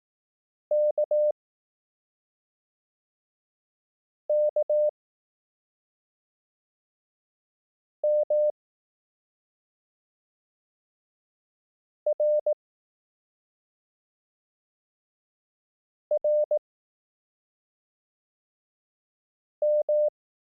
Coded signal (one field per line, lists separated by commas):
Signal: Morse code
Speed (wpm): 18 wpm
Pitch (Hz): 600 Hz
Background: none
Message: K K M R R M